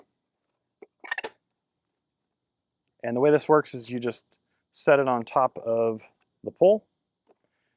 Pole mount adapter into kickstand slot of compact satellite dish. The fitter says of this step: snaps right into place here